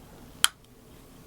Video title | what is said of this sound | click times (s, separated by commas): PF 9 +1 Magazine Extension Installation | sorry I upside down the back of the magazine here and it just snaps right into place | 0.4 s